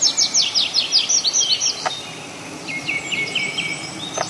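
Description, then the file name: Tree pipit song: a fast series of repeated sharp downslurred notes, a brief pause, then a softer run of level, repeated notes lower in pitch. "konek lesnojj"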